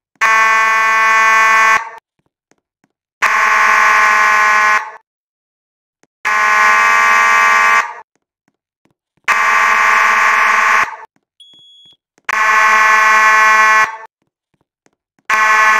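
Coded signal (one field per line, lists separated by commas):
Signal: alarm pattern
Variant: slow march time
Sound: buzzing fire alarm horn in repeated long blasts, about 5 full, evenly spaced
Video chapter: Slow March Time / 4:90 March Time 8:40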